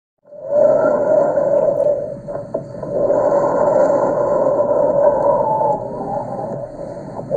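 A steady, musical whistling tone holds through most of the breath sounds. It eases briefly near the middle, then returns. This is a wheeze: air forced through narrowed airways makes a continuous high-pitched sound.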